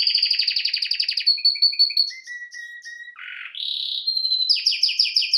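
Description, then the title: Domestic canary song with a fast pulsed roll, a series of short evenly spaced whistled notes, a low buzzy dip, then rapid rolling trills again. Male Belgian canary singing a lot; training to warm up a young bird. "Canary Training Esquente Seu Filhote E Canario Belga Macho Cantando Muito"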